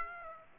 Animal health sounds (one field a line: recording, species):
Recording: mosquito wingbeat signal from an infrared sensor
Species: Aedes aegypti